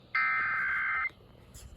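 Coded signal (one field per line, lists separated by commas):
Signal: Emergency Alert System (SAME) tones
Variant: header bursts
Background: speech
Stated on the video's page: Pennsylvania Required Monthly Tests received on WRQI 107.7 FM and Comcast Xfinity cable.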